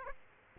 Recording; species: mosquito wingbeat signal from an infrared sensor; Aedes aegypti